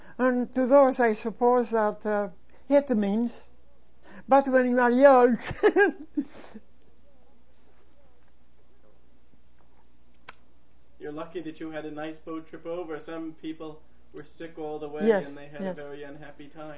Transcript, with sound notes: And to those I suppose it hit them, but when you are young-- (he laughs)
You're lucky that you had a nice boat trip over. Some people were sick all the way and they had a very unhappy time.